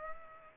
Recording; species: mosquito wingbeat signal from an infrared sensor; Culex pipiens